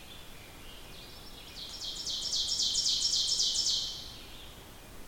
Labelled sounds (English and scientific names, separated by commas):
Ovenbird (Seiurus aurocapilla) song